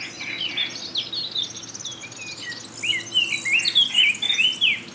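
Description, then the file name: Eurasian blackcap song, a stream of quick, high, varied warbled notes, quieter at first and then a brighter, faster burst in the second half. "Sylvia atricapilla"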